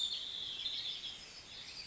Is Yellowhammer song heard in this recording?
no